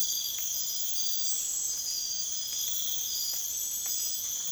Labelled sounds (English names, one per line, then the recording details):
none
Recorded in secondary vegetation near Puerto Asís, Putumayo, Colombia, on 27 June 2025
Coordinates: 0.488, -76.319
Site G094